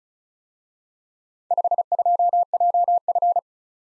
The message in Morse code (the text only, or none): 52JF